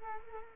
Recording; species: mosquito wingbeat signal from an infrared sensor; Culex quinquefasciatus